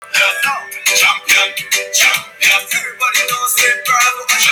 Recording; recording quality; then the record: deep breathing; poor, much background noise or distortion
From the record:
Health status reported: COVID-19 positive, no symptoms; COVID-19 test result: positive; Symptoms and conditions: breathing difficulty, diarrhoea, asthma, chronic lung disease, diabetes, ischaemic heart disease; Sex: other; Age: 77 years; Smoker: not ticked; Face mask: not worn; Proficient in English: yes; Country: France